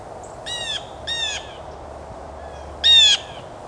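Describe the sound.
Blue Jay giving harsh, nasal jay calls, three separate scolding notes with a steady background hiss.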